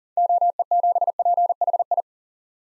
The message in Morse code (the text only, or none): OE7PHI